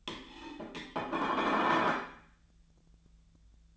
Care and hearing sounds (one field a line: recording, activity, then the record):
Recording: daily activity, microphone in the room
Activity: place plate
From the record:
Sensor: 3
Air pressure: 1009.4 hPa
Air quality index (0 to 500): 198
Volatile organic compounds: 17 ppm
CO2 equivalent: 2570 ppm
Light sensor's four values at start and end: 34/83/36/38 and 34/83/36/38